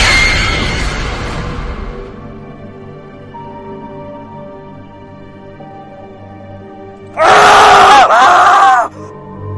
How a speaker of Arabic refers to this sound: صرخة يوسف شقت الظلام والليل مكان كله، وبدأ يحاول يقطع الحبال اللي مربوط بها بسنانه.